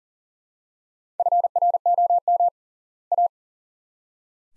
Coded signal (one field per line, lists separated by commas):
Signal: Morse code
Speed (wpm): 40 wpm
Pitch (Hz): 700 Hz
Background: none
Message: FROM A